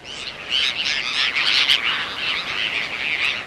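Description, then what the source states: Bonaparte's gull flock calling: a dense, continuous chatter of overlapping harsh notes. Arrives from the north in August; gathers in large flocks, jabbering along beaches; distinctive call.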